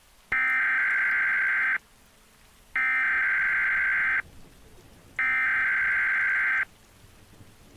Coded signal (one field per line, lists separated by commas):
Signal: Emergency Alert System (SAME) tones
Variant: header bursts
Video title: EAS Scenario - Hudson River Valley Flood